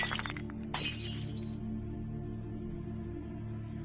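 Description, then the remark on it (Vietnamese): A jar swung as a weapon smashes against a creature's head with a sharp crash, a second bright burst of shattering glass following a split second later, then fragments tinkle and ring out over a low steady hum. “Vật nguyền rủa cấp G đập vào đầu con quái vật, sọ não và cái bình đồng thời vỡ toác cả ra.”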